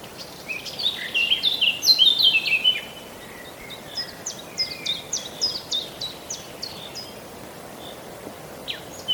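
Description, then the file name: Eurasian blackcap singing a loud, hurried warble, followed by a string of softer, evenly spaced short notes and a final note at the end. "Sylvia atricapilla"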